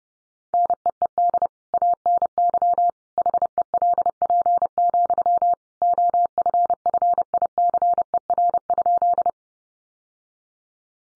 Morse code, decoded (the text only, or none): NEED ANY HELP, OFFICER?